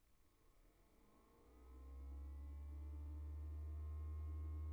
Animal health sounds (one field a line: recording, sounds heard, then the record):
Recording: poultry house recording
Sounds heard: no chicken sound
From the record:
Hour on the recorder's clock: 15